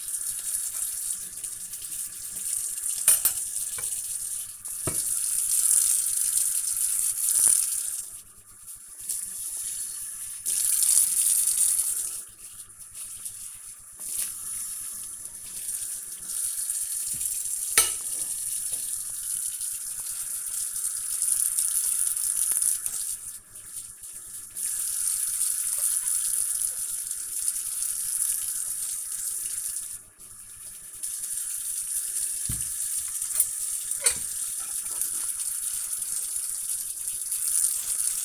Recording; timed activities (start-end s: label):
household activities, microphone on the right wrist
0.00-38.25 s: washing dishes